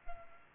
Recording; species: mosquito wingbeat signal from an infrared sensor; Culex pipiens